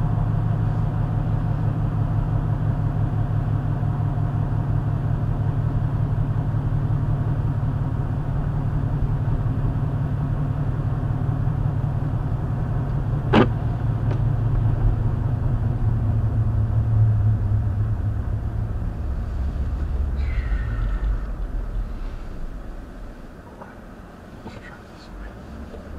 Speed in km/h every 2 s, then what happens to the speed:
52, 50, 50, 48, 47, 48, 47, 45, 35, 27, 15, 0, 0.
0-14 steady at about 48. 14-22 brakes to 0. 22-26 standing.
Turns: none.